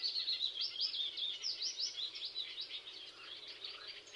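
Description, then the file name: Eurasian blackcap in a quick, jumbled warble of high twittering phrases in rapid pulses, fading slightly toward the end. "Sylvia atricapilla"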